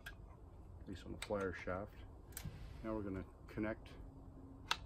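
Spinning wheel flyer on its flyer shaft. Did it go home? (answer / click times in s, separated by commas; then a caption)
yes / 4.7 s. Someone talks while the flyer of a Louët Victoria spinning wheel is connected to its flyer shaft and rotated. A sharp click is heard at 4.7 s as the magnet engages and the flyer seats in place on the shaft.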